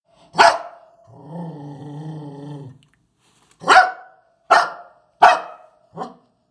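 Dog barking: one sharp bark, then a low rumbling growl for about two seconds, followed by four more clipped barks in quick succession.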